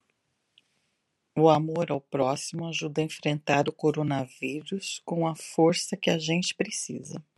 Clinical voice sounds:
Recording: spoken sentence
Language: Brazilian Portuguese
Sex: female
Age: 50 to 59 years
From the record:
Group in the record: control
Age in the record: 55 years

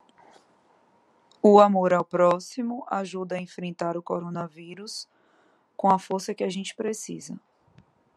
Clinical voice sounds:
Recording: spoken sentence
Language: Brazilian Portuguese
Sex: female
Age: 30 to 39 years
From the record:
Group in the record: control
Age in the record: 31 years

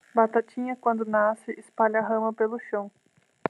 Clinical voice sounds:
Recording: short text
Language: Brazilian Portuguese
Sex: female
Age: 20 to 29 years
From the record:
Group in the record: control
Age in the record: 27 years

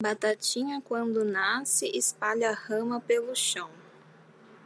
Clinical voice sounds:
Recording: short text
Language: Brazilian Portuguese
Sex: female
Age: 20 to 29 years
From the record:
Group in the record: control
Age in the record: 28 years

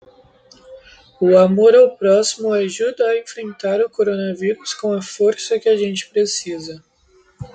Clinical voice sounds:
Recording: spoken sentence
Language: Brazilian Portuguese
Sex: male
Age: 18 to 19 years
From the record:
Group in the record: control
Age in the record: 19 years

